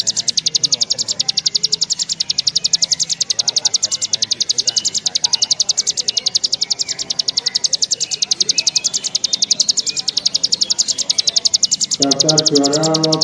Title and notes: Kicau Ciblek. putri sherin. suara burung ciblek gacor dan anakan